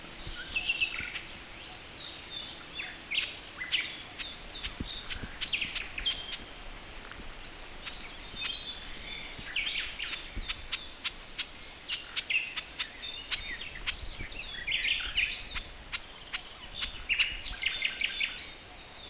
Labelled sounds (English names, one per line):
Garden Warbler alarm call